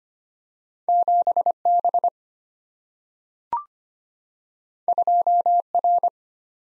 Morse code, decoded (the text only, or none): 7 B 2 R